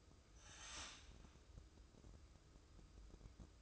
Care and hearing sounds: daily activity, microphone in the room; start toaster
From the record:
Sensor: 2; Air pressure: 995.1 hPa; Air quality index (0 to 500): 60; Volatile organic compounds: 2 ppm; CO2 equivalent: 993 ppm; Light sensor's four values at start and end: 17/54/21/20 and 17/54/21/20

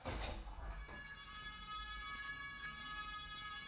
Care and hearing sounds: daily activity, microphone in the room; open window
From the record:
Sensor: 2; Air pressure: 999.8 hPa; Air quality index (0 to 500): 220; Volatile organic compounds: 49 ppm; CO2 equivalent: 3278 ppm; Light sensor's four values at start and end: 8/19/8/8 and 8/20/8/8

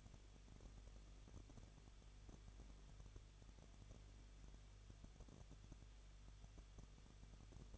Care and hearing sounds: daily activity, microphone in the room; no activity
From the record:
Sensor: 4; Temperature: 23.1 degrees Celsius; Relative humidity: 33.9%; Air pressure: 1007.2 hPa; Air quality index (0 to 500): 216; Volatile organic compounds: 15 ppm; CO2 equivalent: 2492 ppm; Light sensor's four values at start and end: 2/3/1/1 and 2/3/1/1

